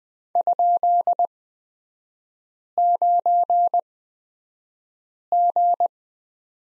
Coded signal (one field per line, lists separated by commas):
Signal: Morse code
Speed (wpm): 20 wpm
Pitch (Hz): 700 Hz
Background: none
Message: ?9G